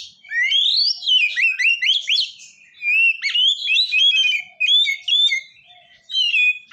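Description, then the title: Oriental magpie-robin song, rapid sweeping whistles and chattering notes delivered in energetic bursts, with brief pauses between phrases. "kacer"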